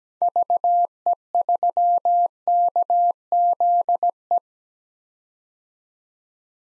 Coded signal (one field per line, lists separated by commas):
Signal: Morse code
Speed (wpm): 17 wpm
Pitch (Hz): 700 Hz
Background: none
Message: VE3KZE